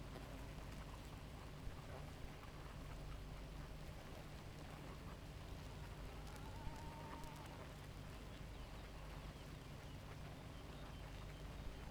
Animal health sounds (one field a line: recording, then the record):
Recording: honeybee colony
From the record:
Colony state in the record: active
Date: 28 July 2017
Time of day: 4:02